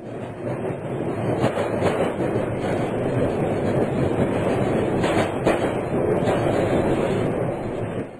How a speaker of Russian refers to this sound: Поезд тронулся. Под страшную ругань прапорщика и пронзительный свист тепловоза Игорь запрыгнул в вагон.